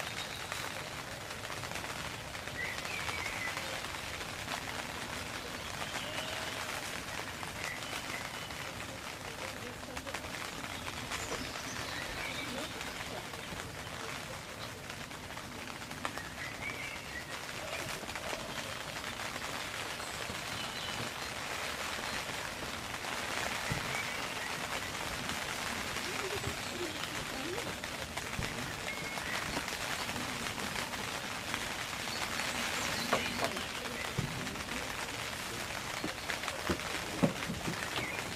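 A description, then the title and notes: Steady rain patters on a tent in a dense, even hiss with scattered brighter drops, growing slightly louder after about twenty-five seconds. Relaxing sounds of nature, Rainfall on a tent. Rain Falling on a Tent.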